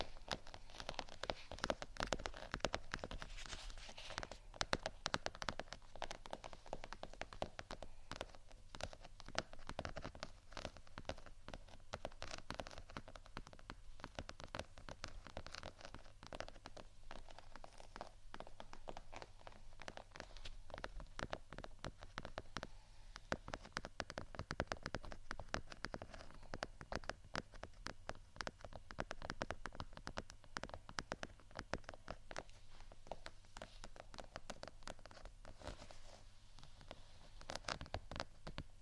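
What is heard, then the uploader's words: Scratching and tapping on textured items fill the whole stretch with dense, crackly, rapid ticks and rasps, sounding a bit like rain pattering on a surface. A low, steady hum sits underneath throughout, while the bright scratchy detail keeps a fairly even loudness. Scratch & Tap On Textured Items & Beat.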